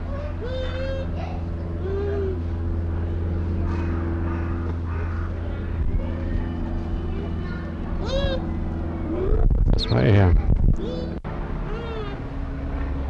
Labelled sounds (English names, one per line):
Bush Dog